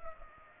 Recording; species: mosquito wingbeat signal from an infrared sensor; Culex pipiens